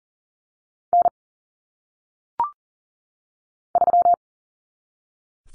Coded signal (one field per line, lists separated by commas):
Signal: Morse code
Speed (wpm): 40 wpm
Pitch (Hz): 700 Hz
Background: none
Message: N 3